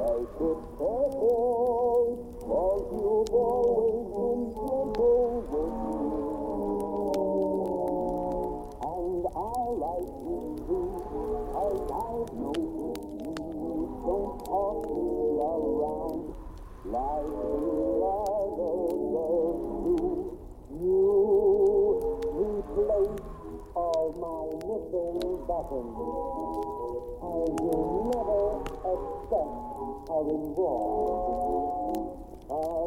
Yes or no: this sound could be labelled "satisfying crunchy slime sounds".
no